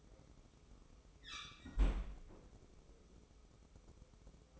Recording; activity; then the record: daily activity, microphone in the room; close fridge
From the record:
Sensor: 1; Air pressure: 995.3 hPa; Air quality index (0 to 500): 25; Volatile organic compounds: 0 ppm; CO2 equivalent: 502 ppm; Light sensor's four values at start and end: 18/61/22/24 and 18/61/22/24